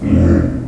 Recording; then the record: squeal of a Yucatan mini pig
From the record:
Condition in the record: after surgery on the right vocal fold (resection and tissue-engineered implant); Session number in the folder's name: 7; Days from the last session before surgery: 47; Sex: female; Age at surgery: 19 weeks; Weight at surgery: 25 kg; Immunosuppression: prednisolone